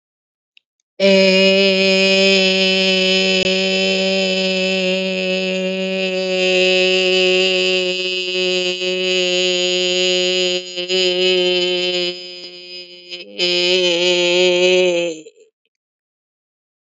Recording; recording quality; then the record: sustained vowel as in made; excellent, no background noise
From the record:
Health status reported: healthy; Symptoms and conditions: none ticked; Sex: female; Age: 52 years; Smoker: not ticked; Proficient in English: yes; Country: India